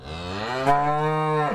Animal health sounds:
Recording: contact call of a hoofed animal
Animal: cattle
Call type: low-frequency (closed-mouth) or high-frequency (open-mouth) call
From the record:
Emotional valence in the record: positive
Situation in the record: visual reunion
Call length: 1.55 s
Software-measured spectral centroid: 1620 Hz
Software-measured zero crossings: 2040 a second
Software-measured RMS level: -23 dBFS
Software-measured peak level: -7 dBFS

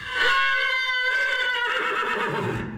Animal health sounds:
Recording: contact call of a hoofed animal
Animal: horse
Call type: whinny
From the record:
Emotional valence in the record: negative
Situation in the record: group separation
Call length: 2.8 s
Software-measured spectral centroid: 2310 Hz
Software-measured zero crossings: 3170 a second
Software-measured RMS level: -24 dBFS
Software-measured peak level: -10 dBFS

